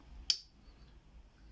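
A large Herbertz camp/outdoor folding knife's metal lockback engages as the blade is opened, snapping the lock at the back of the blade into place. A single sharp, bright click at 0.3 s stands out over faint background noise, and the blade locks in place.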